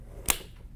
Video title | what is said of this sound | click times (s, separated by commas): Mr. Guardado Tripod Lesson Pt. 1 | and then you're going to hear a click when I push it in. Watch, or listen. Did you hear that? | 0.3 s